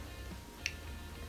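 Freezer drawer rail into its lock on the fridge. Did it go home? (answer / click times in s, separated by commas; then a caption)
yes / 0.7 s. A freezer door is pushed in on its plastic rails to lock the drawer rail into place on the fridge, after one of the rails was misaligned and kept the door from closing all the way. A little push gives a single sharp click at 0.66 s over a low background hum. The rail is seated.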